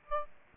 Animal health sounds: mosquito wingbeat signal from an infrared sensor; Aedes aegypti

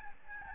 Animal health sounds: mosquito wingbeat signal from an infrared sensor; Aedes albopictus

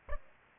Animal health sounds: mosquito wingbeat signal from an infrared sensor; Aedes aegypti

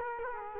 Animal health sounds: mosquito wingbeat signal from an infrared sensor; Culex quinquefasciatus

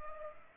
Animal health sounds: mosquito wingbeat signal from an infrared sensor; Culex pipiens

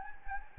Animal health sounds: mosquito wingbeat signal from an infrared sensor; Anopheles gambiae

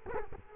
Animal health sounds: mosquito wingbeat signal from an infrared sensor; Culex quinquefasciatus

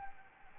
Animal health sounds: mosquito wingbeat signal from an infrared sensor; Anopheles gambiae

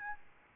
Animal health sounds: mosquito wingbeat signal from an infrared sensor; Aedes albopictus

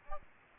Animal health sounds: mosquito wingbeat signal from an infrared sensor; Aedes aegypti

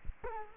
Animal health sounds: mosquito wingbeat signal from an infrared sensor; Culex quinquefasciatus

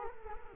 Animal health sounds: mosquito wingbeat signal from an infrared sensor; Culex quinquefasciatus

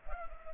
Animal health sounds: mosquito wingbeat signal from an infrared sensor; Culex pipiens

